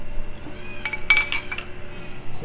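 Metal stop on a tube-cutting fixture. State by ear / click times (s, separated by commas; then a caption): seated / 1.1 s. A metal stop on a tube-cutting fixture is lined up flush with the end of the tube and tightened, then springs forward against the tube and locks. Several metallic clinks ring out, the loudest at 1.1 s, when the stop strikes and locks in place, with lighter clinks around 0.9, 1.3 and 1.5–1.6 s.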